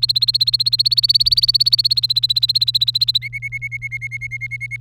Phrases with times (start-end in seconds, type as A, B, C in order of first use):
0.00-3.18 A, 3.22-4.80 B